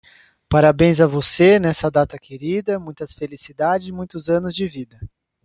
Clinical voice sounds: short text; Brazilian Portuguese; male; 20 to 29 years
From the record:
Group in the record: control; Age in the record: 25 years

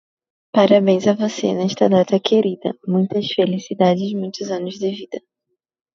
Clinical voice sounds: short text; Brazilian Portuguese; female; 20 to 29 years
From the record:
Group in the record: control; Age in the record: 22 years

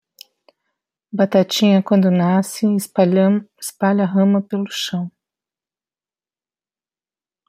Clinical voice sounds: short text; Brazilian Portuguese; female; 50 to 59 years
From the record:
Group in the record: control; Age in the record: 56 years

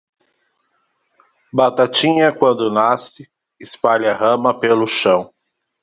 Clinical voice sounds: short text; Brazilian Portuguese; male; 40 to 49 years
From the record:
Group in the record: control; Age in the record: 40 years

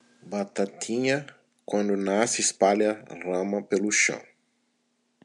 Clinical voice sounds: short text; Brazilian Portuguese; male; 40 to 49 years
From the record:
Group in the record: control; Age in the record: 44 years

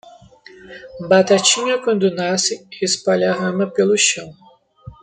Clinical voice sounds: short text; Brazilian Portuguese; male; 18 to 19 years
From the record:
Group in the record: control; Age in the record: 19 years

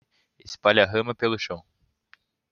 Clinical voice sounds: short text; Brazilian Portuguese; male; 20 to 29 years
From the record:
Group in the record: control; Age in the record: 20 years

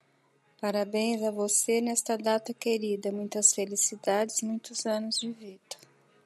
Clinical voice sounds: short text; Brazilian Portuguese; female; 60 to 69 years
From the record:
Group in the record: control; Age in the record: 63 years

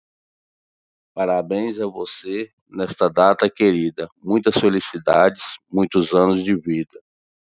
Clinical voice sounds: short text; Brazilian Portuguese; male; 40 to 49 years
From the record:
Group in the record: control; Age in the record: 43 years

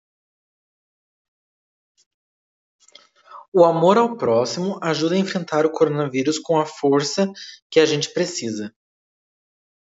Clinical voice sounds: spoken sentence; Brazilian Portuguese; male; 20 to 29 years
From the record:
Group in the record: control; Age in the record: 22 years

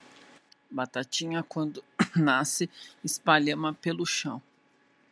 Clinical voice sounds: short text; Brazilian Portuguese; female; 40 to 49 years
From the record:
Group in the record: control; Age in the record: 40 years

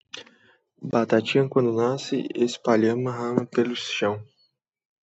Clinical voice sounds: short text; Brazilian Portuguese; male; 20 to 29 years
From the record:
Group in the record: control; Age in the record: 23 years

